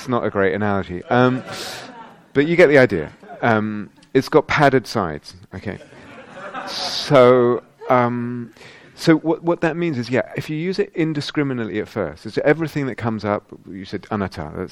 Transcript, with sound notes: It's not a great analogy, but you get the idea. It's got padded sides, okay? [laughter] So what that means is, yeah, if you use it indiscriminately at first -- everything that comes up, you said, anattā;